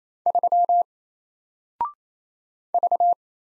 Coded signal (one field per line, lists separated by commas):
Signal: Morse code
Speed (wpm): 27 wpm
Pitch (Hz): 700 Hz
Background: none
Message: 3 V